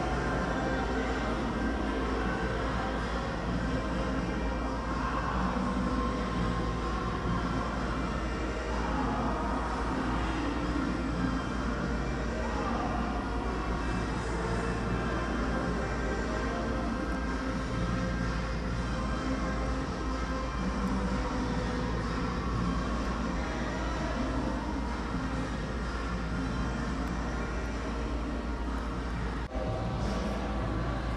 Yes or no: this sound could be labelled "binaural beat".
no